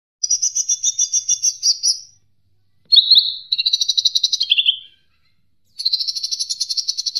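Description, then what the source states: Leafbird gives three bursts of quick, buzzy high notes, the middle one sliding lower at its close, separated by short pauses. Indonesian masteran training recording for cage birds, ijo mini type.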